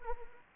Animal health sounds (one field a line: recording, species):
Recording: mosquito wingbeat signal from an infrared sensor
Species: Anopheles arabiensis